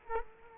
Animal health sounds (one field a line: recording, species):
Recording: mosquito wingbeat signal from an infrared sensor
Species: Culex quinquefasciatus